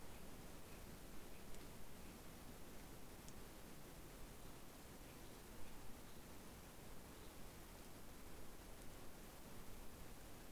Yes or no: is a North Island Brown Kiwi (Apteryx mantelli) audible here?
no